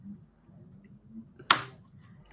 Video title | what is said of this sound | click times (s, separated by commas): WOOD TRICK ROLLERCOASTER 🎢 | it clicks in there you go yeah but still needs a bit more | 1.5 s